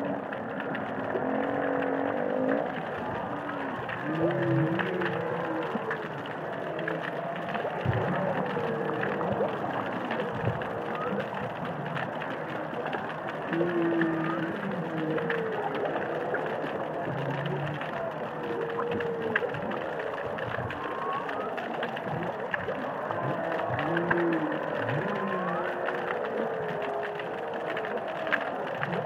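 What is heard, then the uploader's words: Humpback whales sing underwater, their low moans and rising, falling calls sliding over a steady hiss, with sporadic clicks and knocks throughout. Whale Song is a collection of underwater recordings of humpback whales singing and calling in the Indian Ocean.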